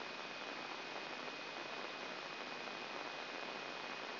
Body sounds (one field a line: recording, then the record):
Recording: brain microelectrode recording played as sound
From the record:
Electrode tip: inside the subthalamic nucleus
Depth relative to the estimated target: 2 mm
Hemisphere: right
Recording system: AlphaMap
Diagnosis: Parkinson's disease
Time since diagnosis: 9 years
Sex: male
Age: 68 years